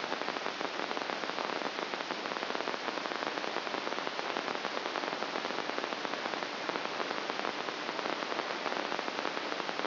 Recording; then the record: brain microelectrode recording played as sound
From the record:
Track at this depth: inside the subthalamic nucleus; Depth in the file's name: 8.137 mm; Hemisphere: left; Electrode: 2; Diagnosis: Parkinson's disease